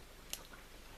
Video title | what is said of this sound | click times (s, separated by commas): Review Myth Cloth EX ( Shaka de la vierge version OCE ) | Celle-là, c'est bien emboîté. | 0.3 s